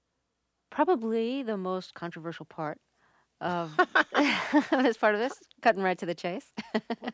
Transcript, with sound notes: Probably the most controversial part of...
(laughs)
... that's part of this? Cutting right to the chase